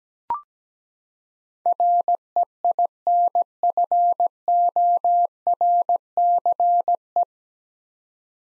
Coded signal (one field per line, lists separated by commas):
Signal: Morse code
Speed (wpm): 17 wpm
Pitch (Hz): 700 Hz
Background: none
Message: REINFORCE